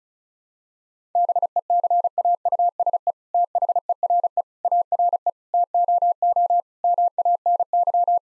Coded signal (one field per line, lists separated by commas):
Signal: Morse code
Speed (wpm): 34 wpm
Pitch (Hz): 700 Hz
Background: none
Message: BECAUSE THERE ARE TOO MANY